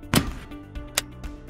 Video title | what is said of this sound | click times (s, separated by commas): PURELL CXR REDIFOAM™ Installation Instructions | remove the dust cap from the soap refill then insert into the spout opening until the refill clicks into place a second audible click and an orange light indicate that soap is flowing into the dispenser | 0.2 s, 1.0 s